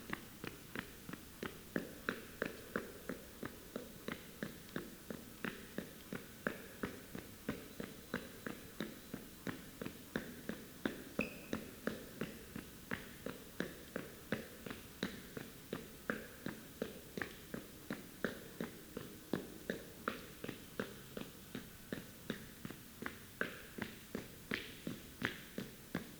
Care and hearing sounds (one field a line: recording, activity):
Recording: daily activity, guitar pickup as the sensor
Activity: run